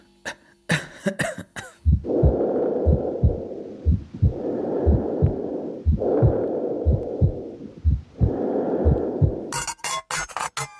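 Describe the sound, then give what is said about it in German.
Four slow, deep breaths heard through a doctor's stethoscope as a patient is told to breathe deeply and blow, each a muffled rushing swell, with steady low heartbeat thumps pulsing underneath and scraping handling noises at the start and end. “Tief atmen.”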